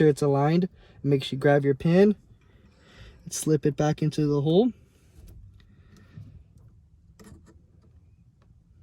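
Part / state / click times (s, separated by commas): paddle shifter retaining pin into steering wheel paddle mount / not seated / none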